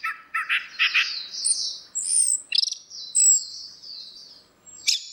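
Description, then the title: Orange-headed thrush song of thin, drawn-out high whistles and short chattery notes. "Burung Anis Merah"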